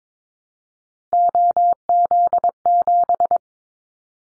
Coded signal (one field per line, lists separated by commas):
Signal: Morse code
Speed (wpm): 22 wpm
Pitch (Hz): 700 Hz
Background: none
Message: OZ7